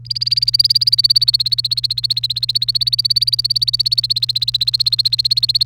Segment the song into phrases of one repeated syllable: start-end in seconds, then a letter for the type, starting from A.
0.05-5.65 A